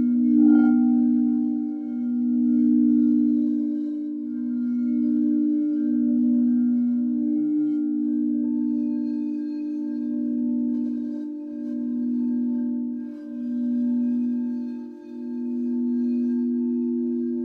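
Crystal bowls ring with a steady, sustained low tone that swells and dips in slow, regular pulses about every two seconds. Faint higher overtones hang above throughout, and a brief soft knock sounds near the start, with another small touch around eight seconds.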